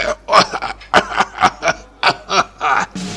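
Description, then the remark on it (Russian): A man's choking, sputtering coughing fit: about ten harsh, breathy bursts in quick, uneven succession, some catching like half-laughs, fairly loud with no other talk. “Поперхнулся и кашляет.”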